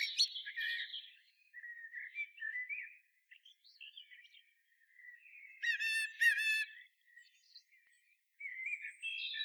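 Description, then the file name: Common blackbird singing softly, with low mellow whistles and a run of thin, high, rapid squeaky notes midway, followed by more quiet fluted phrases. "Turdus merula"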